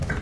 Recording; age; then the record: pig call; growing-finishing pig (85 days or more)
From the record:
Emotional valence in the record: positive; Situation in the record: run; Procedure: transit